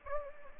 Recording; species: mosquito wingbeat signal from an infrared sensor; Anopheles gambiae